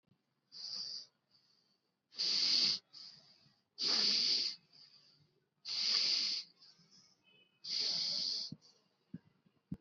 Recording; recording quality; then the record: shallow breathing; excellent, no background noise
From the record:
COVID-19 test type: RT-PCR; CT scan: not taken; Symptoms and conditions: none ticked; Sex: male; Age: 39 years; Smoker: yes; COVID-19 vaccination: both doses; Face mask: worn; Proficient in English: yes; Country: India